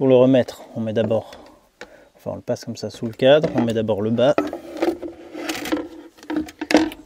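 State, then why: Seated. Someone talks while refitting the removable 20 Ah, 960 Wh battery into the down-tube mount under the frame of a Lankeleisi MG600 Plus electric bike, setting the bottom in first and then swinging the top up against the frame. Soft knocks and handling sounds lead to a sharp latch click at 6.7 s as the small front latch locks by itself and the battery seats home.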